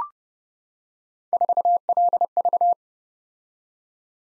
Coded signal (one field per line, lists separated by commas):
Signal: Morse code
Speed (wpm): 28 wpm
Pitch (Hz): 700 Hz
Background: none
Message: 4LV